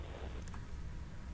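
A low, steady rumbling gurgle lasts just over a second, deep in pitch with almost nothing in the higher range. It is loud stomach rumbling (borborygmi) from an adult's tummy: gas and fluid moving through the gut, an ordinary, harmless sound.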